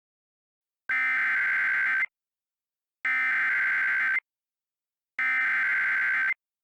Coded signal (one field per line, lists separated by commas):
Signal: Emergency Alert System (SAME) tones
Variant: header bursts